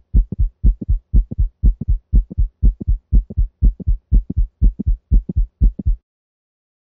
Mid-systolic clicks in the mitral valve region. The sound cadence is lub-click-dup. 120 beats per minute.